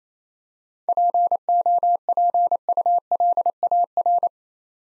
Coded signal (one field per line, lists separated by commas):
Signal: Morse code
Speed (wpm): 28 wpm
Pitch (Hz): 700 Hz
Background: none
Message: POPULAR